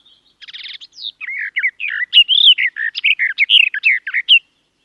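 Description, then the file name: Garden warbler song: a quick, even flow of mellow warbling phrases with a few harsh buzzy notes near the start, continuing for about four seconds. "Canto do felosa das figueiras"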